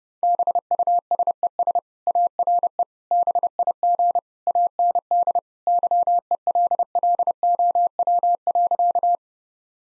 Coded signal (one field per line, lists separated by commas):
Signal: Morse code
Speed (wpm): 30 wpm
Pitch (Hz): 700 Hz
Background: none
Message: BUSES ARE BIG AND YELLOW.